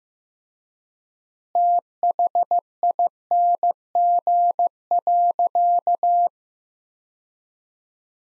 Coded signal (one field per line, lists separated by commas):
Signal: Morse code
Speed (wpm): 15 wpm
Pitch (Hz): 700 Hz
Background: none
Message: THING.